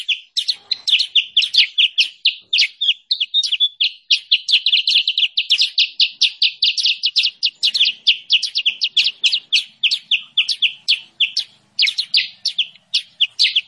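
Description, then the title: Sooty-headed bulbul giving a long, busy stream of sharp high chirps and twitters, nearly unbroken for about fourteen seconds, with one short gap near the end. Master lure song used to attract and trap birds or train cage birds; local name kutilang sutra. "Masteran Kutilang Sutra. suara pikat burung kutilang sutra"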